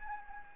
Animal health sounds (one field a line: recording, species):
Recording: mosquito wingbeat signal from an infrared sensor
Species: Anopheles gambiae